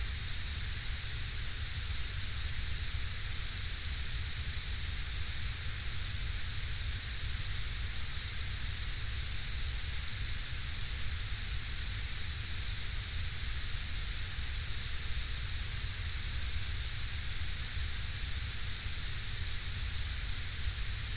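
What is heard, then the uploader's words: Smooth pink noise holds perfectly steady, a soft low rumble underneath and an airy hiss on top, with no changes or breaks throughout. Smooth Pink Noise. Pink noise is a steady and gentle background hum or fuzz that uses deeper and lower sounds than white noise. This variation on the basic tone features deep fuzz like seafoam.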